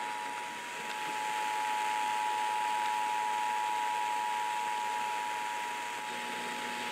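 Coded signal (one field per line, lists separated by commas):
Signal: Emergency Alert System (SAME) tones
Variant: 853 and 960 Hz attention tone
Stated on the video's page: Severe thunderstorm and flash flood warnings received from NOAA Weather Radio and AM/FM broadcast stations.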